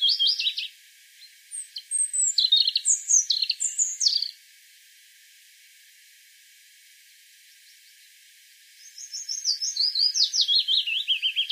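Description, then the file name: European robin song: a scratchy, varied high phrase, several seconds of quiet, then a fast descending trill of repeated notes. "Erithacus rubecula"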